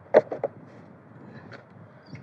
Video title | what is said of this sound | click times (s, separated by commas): How to Replace Mercedes C180 W203 Kompressor Intake Tube | just Clips in in there that | 0.4 s